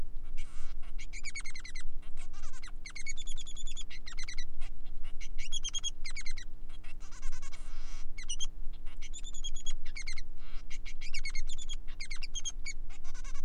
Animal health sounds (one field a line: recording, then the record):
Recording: song of a male Bengalese finch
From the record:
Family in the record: son of father 3